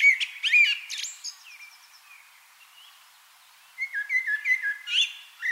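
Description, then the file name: Common blackbird song: fluting warbled notes and a squeaky high twitter, a quiet pause, then another mellow phrase. "Turdus merula"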